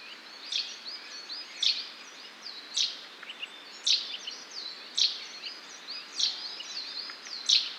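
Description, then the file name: Common chaffinch giving a short, sharp high call repeated roughly every second, with fainter chirps in between. "Fringilla coelebs"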